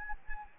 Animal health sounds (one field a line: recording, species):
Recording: mosquito wingbeat signal from an infrared sensor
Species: Anopheles gambiae